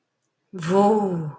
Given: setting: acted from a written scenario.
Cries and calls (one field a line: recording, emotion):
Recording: vocal sound without words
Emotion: awe